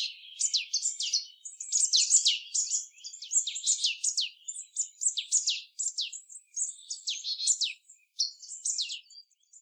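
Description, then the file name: Marsh tit calling in a busy, rapid stream of high slurred chips and descending notes, nearly unbroken from start to finish. "Poecile palustris"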